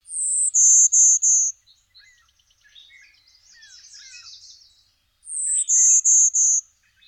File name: Golden-winged Warbler